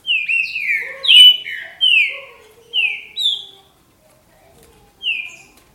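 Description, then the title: Green-winged saltator song: loud whistled notes sliding downward, a quick opening burst, then a few single slurred phrases and a pause before the last note. "Trinca Ferro"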